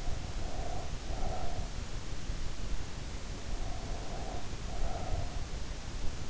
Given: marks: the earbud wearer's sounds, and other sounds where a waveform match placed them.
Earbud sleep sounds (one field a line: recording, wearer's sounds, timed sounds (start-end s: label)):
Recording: sounds in sleep by an in-ear microphone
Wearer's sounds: breath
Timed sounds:
0.00-1.96 s: breath
3.42-5.54 s: breath